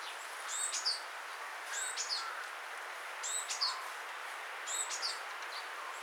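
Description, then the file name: Great tit song: several short high-pitched phrases of sharp, slightly descending notes over a steady hiss of background noise. "Parus major"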